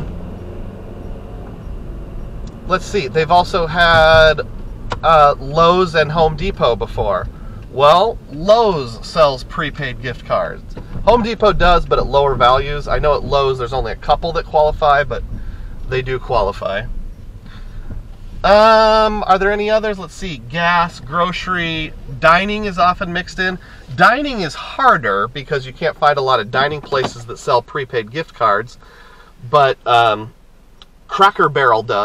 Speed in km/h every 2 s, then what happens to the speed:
42, 47, 44, 31, 19, 15, 16, 18, 16, 11, 10, 6, 0, 0, 0, 0.
4-9 brakes to 15. 9-15 steady at about 16. 15-23 slows to 0. 23-32 standing.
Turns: 7-11, 17-21.